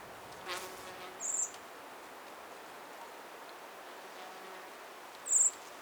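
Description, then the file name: Eurasian blackbird calls, two very high, thin notes about four seconds apart, over steady background noise. "Turdus merula"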